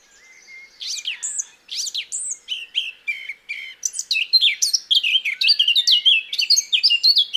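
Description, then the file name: Eurasian blackcap song, beginning with separate whistled phrases, then speeding into a dense, rapid warble of bright notes. "Sylvia atricapilla"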